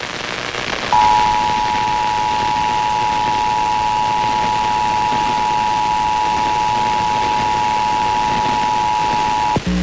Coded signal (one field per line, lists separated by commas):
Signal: Emergency Alert System (SAME) tones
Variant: 853 and 960 Hz attention tone